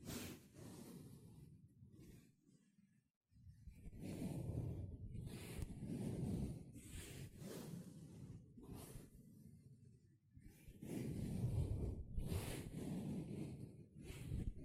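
Sponge sounds: a dense, continuous rubbing and squishing, low and full, with brighter scratchy hiss rising in repeated strokes roughly every second. A brief near-silent pause falls around three seconds, then the steady scrubbing resumes and grows fuller toward the end.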